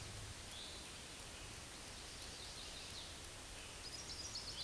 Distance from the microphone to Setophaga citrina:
about 10 m